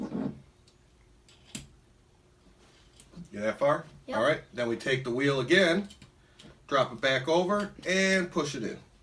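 A skateboard wheel is dropped back over the bearing on the axle and handled so the bearing can be pushed into the urethane wheel hub, with a few small ticks early on, the sharpest near 1.6 seconds. Someone then talks through the rest of the clip. Nothing has seated or clicked yet.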